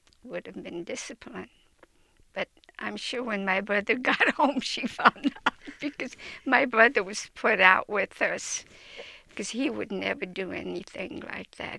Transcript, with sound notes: would have been disciplined. But I'm sure when my brother got home (laughs) she found out because my brother was put out with us because he would never do anything like that.